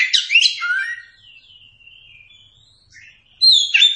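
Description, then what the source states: Oriental magpie-robin song: a tangled phrase of chirps, then a long thin wavering whistle, and a fresh loud burst of notes at the end. Masteran (training song recording) meant for teaching captive Kacer birds to sing.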